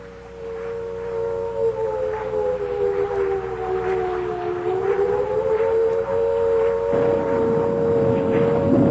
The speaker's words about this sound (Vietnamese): Bỗng tôi chợt nghe lẫn trong tiếng mưa gió tiếng gì đầu tiên nghe như tiếng sáo diều, rồi mỗi lúc một to dần, để cuối cùng thành tiếng còi hụ báo động.